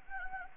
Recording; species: mosquito wingbeat signal from an infrared sensor; Anopheles gambiae